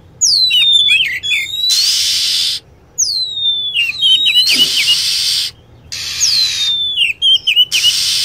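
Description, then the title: Lovebird chirps: bright notes sweeping down from very high pitch, then a chattering run, repeated three times between blocks of hiss. Lovebird calls used as a lure to attract birds. "PIKAT BURUNG LOVEBIRD"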